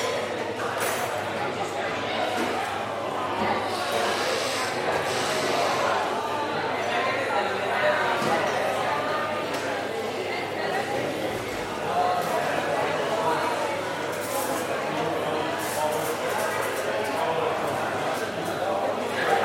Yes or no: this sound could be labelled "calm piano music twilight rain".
no